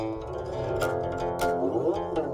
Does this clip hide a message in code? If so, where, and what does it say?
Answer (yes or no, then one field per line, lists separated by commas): no